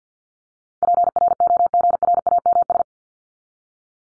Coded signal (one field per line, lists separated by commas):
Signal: Morse code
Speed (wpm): 48 wpm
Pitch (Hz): 700 Hz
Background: none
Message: PROGRAMS